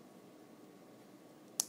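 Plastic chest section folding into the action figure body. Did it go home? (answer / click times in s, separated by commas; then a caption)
yes / 1.6 s. During transformation of a plastic Transformers Prime Beast Hunters Starscream action figure, the chest section is folded into position in the figure's body. After a quiet, steady low background, a single sharp, bright click at 1.6 s marks the chest piece seating into place.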